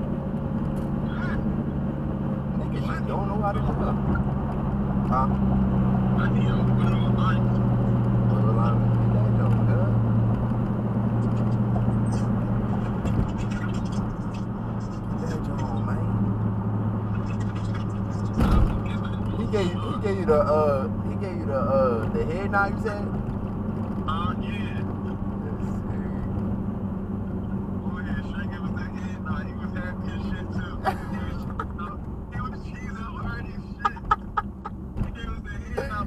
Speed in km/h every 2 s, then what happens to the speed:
111, 108, 101, 97, 90, 89, 87, 87, 84, 82, 79, 79, 76, 74, 72, 68, 52, 40.
0-36 slows to 40.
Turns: none.